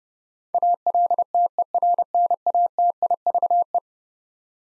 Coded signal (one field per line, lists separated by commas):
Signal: Morse code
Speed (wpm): 30 wpm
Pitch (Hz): 700 Hz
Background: none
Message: ALTERNATIVE